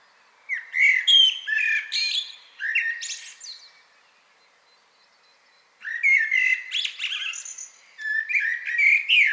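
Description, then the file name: Common blackbird singing rich warbled phrases, fluty notes breaking into thin high twittering, four phrases in quick succession around a short pause. "Turdus merula"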